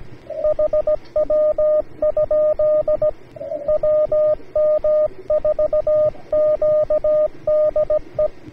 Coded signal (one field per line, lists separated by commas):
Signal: Morse code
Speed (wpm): 17 wpm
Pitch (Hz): 610 Hz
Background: radio noise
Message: HW? WM4Q DE